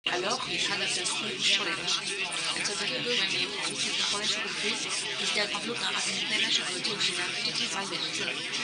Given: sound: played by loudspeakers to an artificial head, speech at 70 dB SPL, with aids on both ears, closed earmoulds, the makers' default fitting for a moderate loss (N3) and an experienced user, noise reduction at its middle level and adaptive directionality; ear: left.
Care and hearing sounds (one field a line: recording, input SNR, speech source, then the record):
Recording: speech test signal (ISTS) in cocktail-party noise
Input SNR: 0 dB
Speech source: on the right (90 degrees)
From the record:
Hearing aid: class 2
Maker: A